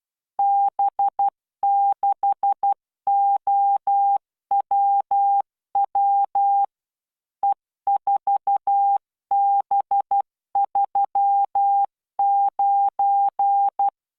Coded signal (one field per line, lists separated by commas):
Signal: Morse code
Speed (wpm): 12 wpm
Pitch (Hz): 800 Hz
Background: none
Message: B6OWW E4B39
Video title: tamanのモールス練習動画8（モールス信号 速度12WPM スペース標準）Learn Morse Code